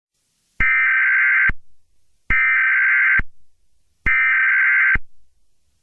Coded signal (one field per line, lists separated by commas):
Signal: Emergency Alert System (SAME) tones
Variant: header bursts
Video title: EAS Scenario #5: Frostbite